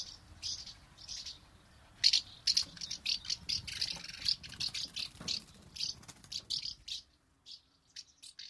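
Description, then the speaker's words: Common house martin singing a series of dry, clipped chirps repeated in quick succession, the notes fading and becoming sparse in the final seconds. Song made by repeating its dry 'prit' call notes in succession; this singing style is called 'rivittelijä'. "Jotkin lajit, kuten keltavästäräkit ja räystäspääskyt, toistelevat laulussaan peräkkäin kutsuääniään."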